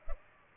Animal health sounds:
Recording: mosquito wingbeat signal from an infrared sensor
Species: Culex pipiens

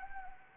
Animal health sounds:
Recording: mosquito wingbeat signal from an infrared sensor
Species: Anopheles arabiensis

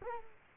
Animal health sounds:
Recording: mosquito wingbeat signal from an infrared sensor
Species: Culex quinquefasciatus

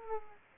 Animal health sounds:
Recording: mosquito wingbeat signal from an infrared sensor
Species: Aedes aegypti

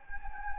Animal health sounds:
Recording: mosquito wingbeat signal from an infrared sensor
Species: Anopheles gambiae

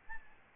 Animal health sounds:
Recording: mosquito wingbeat signal from an infrared sensor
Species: Aedes albopictus

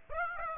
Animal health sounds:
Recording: mosquito wingbeat signal from an infrared sensor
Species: Aedes aegypti

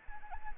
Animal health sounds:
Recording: mosquito wingbeat signal from an infrared sensor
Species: Anopheles arabiensis

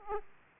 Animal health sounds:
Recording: mosquito wingbeat signal from an infrared sensor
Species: Aedes aegypti

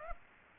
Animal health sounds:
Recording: mosquito wingbeat signal from an infrared sensor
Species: Aedes aegypti

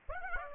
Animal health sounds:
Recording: mosquito wingbeat signal from an infrared sensor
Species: Aedes aegypti

